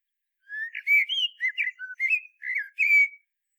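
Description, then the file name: Common blackbird song: a single phrase of mellow, fluty warbled whistles, with no other sounds. "Turdus merula"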